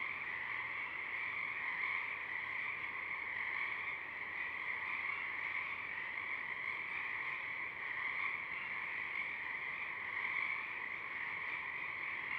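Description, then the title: Pacific chorus frogs massed in an unbroken chorus, countless overlapping croaks merging into a constant, slightly wavering drone. A few Pacific chorus frogs singing at dusk, recorded through a parabolic reflector. "Pacific Chorus Frogs (Pseudacris regilla), dusk, Parabolic"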